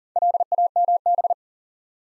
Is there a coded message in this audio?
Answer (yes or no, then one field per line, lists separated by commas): yes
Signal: Morse code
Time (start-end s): 0.2-1.3 s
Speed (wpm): 43 wpm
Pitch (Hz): 700 Hz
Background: none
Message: LAMB